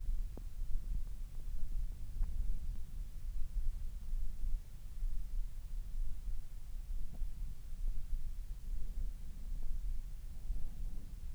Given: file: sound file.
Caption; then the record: Audio file of ear canal signals from the no.3 control.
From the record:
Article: Pre-Treatment Objective Diagnosis and Post-Treatment Outcome Evaluation in Patients with Vascular Pulsatile Tinnitus Using Transcanal Recording and Spectro-Temporal Analysis